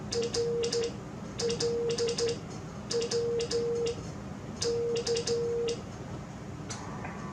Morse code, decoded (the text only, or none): RLW K